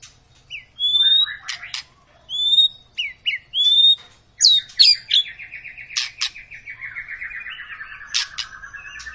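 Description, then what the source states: White-rumped shama song: clear rising whistles, sharp clicks, then a long fast trill that slowly descends in pitch. Long lure recording of a vigorously singing White-rumped shama, used to prompt other shamas to sing.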